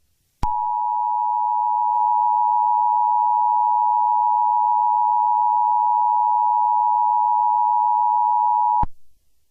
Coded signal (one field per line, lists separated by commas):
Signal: Emergency Alert System (SAME) tones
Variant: 853 and 960 Hz attention tone